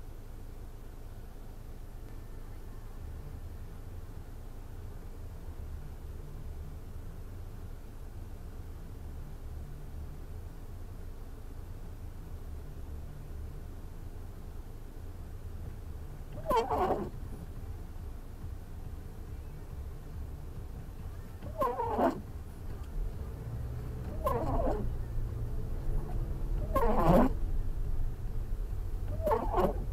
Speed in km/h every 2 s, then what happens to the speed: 0, 0, 0, 0, 0, 0, 0, 0, 0, 0, 0, 0, 5, 16, 10.
0-23 standing. 23-25 pulls away to 16.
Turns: none.